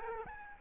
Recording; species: mosquito wingbeat signal from an infrared sensor; Culex quinquefasciatus